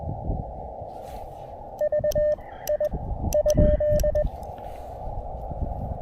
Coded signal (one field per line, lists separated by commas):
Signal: Morse code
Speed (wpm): 20 wpm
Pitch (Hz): 590 Hz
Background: none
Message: V I ?